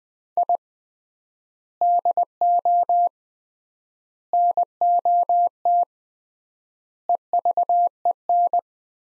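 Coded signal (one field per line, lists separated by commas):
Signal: Morse code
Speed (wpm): 20 wpm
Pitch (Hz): 700 Hz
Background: none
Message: I DO NOT EVEN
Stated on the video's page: Morse practice of four-word sets at 20 wpm with 3x word spacing, a Farnsworth-like method applied to words, for head-copying.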